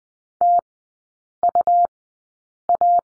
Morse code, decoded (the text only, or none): TUA